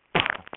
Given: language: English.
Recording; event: throat vibration sensor signal played as sound; cough